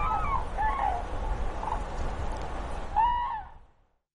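Common crane calls: several medium-pitched, rolling trumpet notes scattered throughout, with a louder final call before the sound fades out. A steady low rumble runs underneath.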